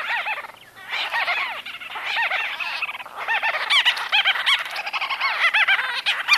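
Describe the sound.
White-fronted bee-eater calls: a dense, nearly continuous stream of rolling, guttural trilled notes with arching shapes.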